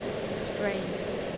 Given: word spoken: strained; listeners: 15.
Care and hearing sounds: one English word in noise, from a listening test; speech-shaped noise; -4.1 dB; 1 of 15; 7 of 15; 0.97 s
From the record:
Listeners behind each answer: 7, 4, 1, 1, 1, 1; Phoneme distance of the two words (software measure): 7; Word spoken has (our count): 1 syllable, 6 phonemes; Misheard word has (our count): 1 syllable, 5 phonemes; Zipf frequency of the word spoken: 3.17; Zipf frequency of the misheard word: 4.00

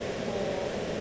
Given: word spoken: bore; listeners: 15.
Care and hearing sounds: one English word in noise, from a listening test; speech-shaped noise; -4.6 dB; 1 of 15; 6 of 15; 0.61 s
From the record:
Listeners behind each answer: 6, 4, 1, 1, 1, 1, 1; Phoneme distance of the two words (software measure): 10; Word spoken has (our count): 1 syllable, 2 phonemes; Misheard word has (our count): 1 syllable, 2 phonemes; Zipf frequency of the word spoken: 3.76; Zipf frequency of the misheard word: 6.32

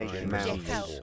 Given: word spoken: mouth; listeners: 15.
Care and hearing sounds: one English word in noise, from a listening test; four-talker babble; -1.3 dB; 0 of 15; 8 of 15; 0.63 s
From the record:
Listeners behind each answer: 8, 2, 2, 2, 1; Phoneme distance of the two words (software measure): 10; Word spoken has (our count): 1 syllable, 3 phonemes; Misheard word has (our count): 1 syllable, 3 phonemes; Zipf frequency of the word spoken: 4.78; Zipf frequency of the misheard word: 4.41

